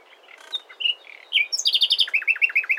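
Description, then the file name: Common nightingale: varied chirps and whistles, then a quick burst of high notes and a series of repeated, slurred, descending notes near the end. "Luscinia megarhynchos"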